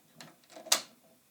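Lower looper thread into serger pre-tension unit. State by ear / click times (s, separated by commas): seated / 0.7 s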